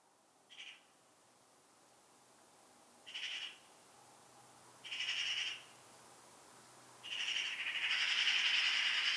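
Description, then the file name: Eurasian magpie calls, short rasping notes at first, growing longer and louder, ending in a sustained harsh, grating rasp. "Pica pica"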